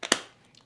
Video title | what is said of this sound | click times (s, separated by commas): PolarPro Quickdraw Collection + Joby / SwitchPod Comparison | so the two things i would recommend is that you hear both sides click in | 0.1 s